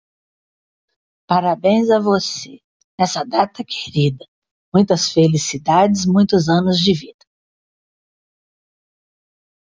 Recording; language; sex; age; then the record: short text; Brazilian Portuguese; female; 50 to 59 years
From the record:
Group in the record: control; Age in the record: 56 years